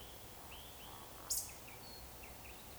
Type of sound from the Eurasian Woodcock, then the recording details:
whistle, croak. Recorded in Baden-Württemberg, Germany, on 13 June 2020 at 02:21 UTC. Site 43791, 788 m above sea level